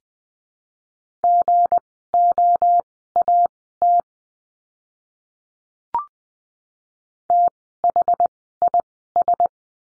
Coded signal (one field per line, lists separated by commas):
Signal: Morse code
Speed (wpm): 20 wpm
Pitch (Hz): 700 Hz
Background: none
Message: GOAT THIS